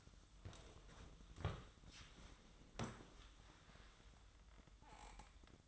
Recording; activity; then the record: daily activity, microphone in the room; sit down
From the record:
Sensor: 3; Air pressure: 1005.0 hPa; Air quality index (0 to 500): 84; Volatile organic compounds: 2 ppm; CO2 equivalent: 1278 ppm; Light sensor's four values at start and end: 6/13/6/6 and 9/20/8/8